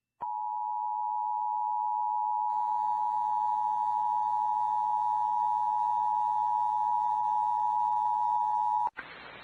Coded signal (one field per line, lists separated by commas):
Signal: Emergency Alert System (SAME) tones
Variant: 853 and 960 Hz attention tone